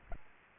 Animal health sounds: mosquito wingbeat signal from an infrared sensor; Aedes albopictus

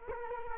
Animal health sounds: mosquito wingbeat signal from an infrared sensor; Culex quinquefasciatus

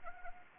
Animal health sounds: mosquito wingbeat signal from an infrared sensor; Anopheles arabiensis

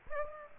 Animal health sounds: mosquito wingbeat signal from an infrared sensor; Aedes aegypti

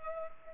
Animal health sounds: mosquito wingbeat signal from an infrared sensor; Culex pipiens

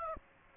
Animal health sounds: mosquito wingbeat signal from an infrared sensor; Aedes aegypti

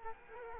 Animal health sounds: mosquito wingbeat signal from an infrared sensor; Culex quinquefasciatus

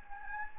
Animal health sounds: mosquito wingbeat signal from an infrared sensor; Anopheles gambiae

